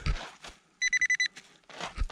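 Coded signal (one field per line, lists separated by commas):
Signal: none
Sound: metal detector's beeps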